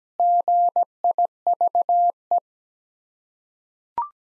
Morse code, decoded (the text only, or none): GIVE